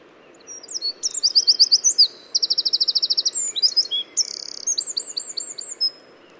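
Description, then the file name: Eurasian wren song: a fast, high-pitched run of sharp notes and rattling trills, changing phrase every second or so, delivered loudly for about five seconds. "Troglodytes troglodytes"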